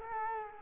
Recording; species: mosquito wingbeat signal from an infrared sensor; Culex quinquefasciatus